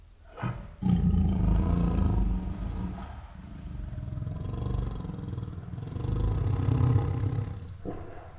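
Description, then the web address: Tiger growling in deep, rumbling bouts, a sharp burst first, then a long throaty growl that fades and swells again near the end. Female tiger making many protective growls. "Sound Ideas Tigers Sound Effects Female Tiger Makes Many Protective Growls [Sound Ideas]"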